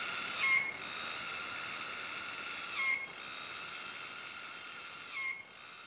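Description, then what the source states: Cicada song, a loud high buzzing drone broken by brief dips roughly every two and a half seconds, each break marked by a short whistled slur. Recorded in Malaysian rainforest.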